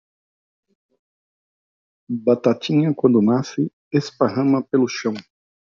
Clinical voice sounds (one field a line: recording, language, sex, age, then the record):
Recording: short text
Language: Brazilian Portuguese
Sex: male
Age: 50 to 59 years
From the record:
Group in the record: control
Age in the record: 51 years